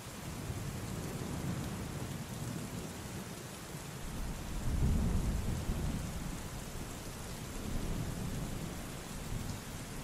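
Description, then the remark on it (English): Steady, hissing rain pours down while deep, low thunder rumbles on and off, swelling into a heavy boom around the middle and rolling again toward the end. No voices. “And so, here you stood, punished by the raging storm, thunder booming all around you, recalling these tales told to you by your elders as a child.”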